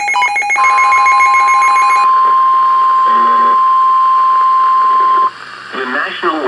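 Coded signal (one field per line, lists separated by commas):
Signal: Emergency Alert System (SAME) tones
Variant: 1050 Hz attention tone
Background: speech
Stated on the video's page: Severe Thunderstorm Warning heard on NOAA Weather Radio station KEC56.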